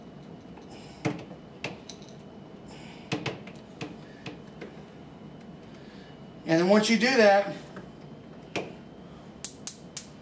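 A ratcheting hose clamp on the beer line of an EdgeStar KC2000 tower and keg coupler is squeezed with pliers onto the coupler barb while someone talks, with scattered light taps and a loud burst of handling noise around 6.5–7.5 s. Three sharp, bright clicks ring out at 9.4, 9.7 and 10.0 s as the clamp ratchets tighter. The clicks mark the clamp getting tight and seated, the same as on the gas line.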